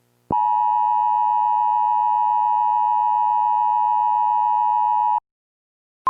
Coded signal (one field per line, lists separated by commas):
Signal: Emergency Alert System (SAME) tones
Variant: 853 and 960 Hz attention tone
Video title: EAS Scenario 1: NY EAS Test 22/4/98